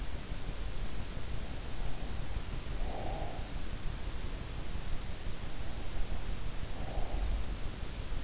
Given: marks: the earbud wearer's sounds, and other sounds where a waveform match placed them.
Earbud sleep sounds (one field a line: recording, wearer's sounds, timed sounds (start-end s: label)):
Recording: sounds in sleep by an in-ear microphone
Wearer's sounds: breath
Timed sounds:
2.72-4.07 s: breath
6.38-7.72 s: breath